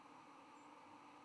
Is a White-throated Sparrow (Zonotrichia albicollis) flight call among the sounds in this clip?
yes